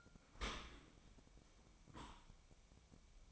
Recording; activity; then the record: daily activity, microphone in the room; open dishwasher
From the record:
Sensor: 1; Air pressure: 1003.1 hPa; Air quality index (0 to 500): 196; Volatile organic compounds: 6 ppm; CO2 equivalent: 1874 ppm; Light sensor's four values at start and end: 17/43/18/21 and 18/43/18/21